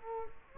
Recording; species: mosquito wingbeat signal from an infrared sensor; Culex quinquefasciatus